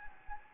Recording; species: mosquito wingbeat signal from an infrared sensor; Anopheles gambiae